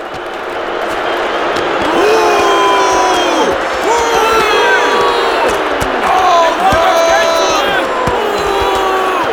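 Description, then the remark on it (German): The crowd in the arena of the Circus Maximus roars and shouts continuously in rage, many voices overlapping in loud, angry yelling and bellowing with rising and falling cries throughout. “Das Publikum rast vor Wut.”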